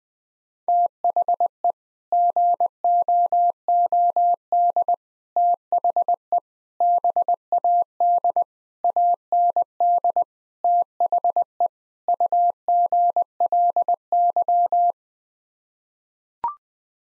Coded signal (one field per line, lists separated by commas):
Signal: Morse code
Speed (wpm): 20 wpm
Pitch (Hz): 700 Hz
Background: none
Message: THE GOOD THE BAD AND THE UGLY